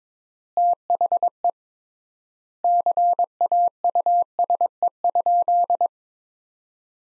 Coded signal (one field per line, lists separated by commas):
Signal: Morse code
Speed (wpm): 22 wpm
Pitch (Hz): 700 Hz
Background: none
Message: THE CAUSE?